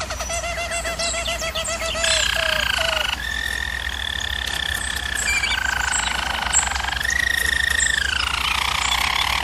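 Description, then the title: German Roller canary song of fast rattling trills that change pitch every few seconds, mostly even and continuous, over a low constant hum. Domestic canary song used for canary training. "German Roller Canary Singing - Canary Training Vid"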